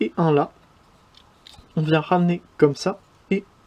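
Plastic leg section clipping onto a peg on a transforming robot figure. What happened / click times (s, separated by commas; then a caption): The plastic part is being moved but has not clipped home yet / none. Someone talks while handling the plastic leg section of a Transformers Earthrise Grapple figure during transformation, folding it back toward a peg it clips onto, with faint handling ticks at about 1.2 s and 1.5 s between the words. The clip ends before the part goes home, so nothing has seated or clicked yet.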